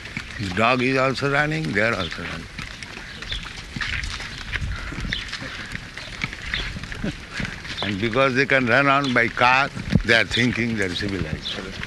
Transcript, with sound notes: The dog is also running; they are also running. [chuckles] And because they can run on by car, they are thinking they are civilized.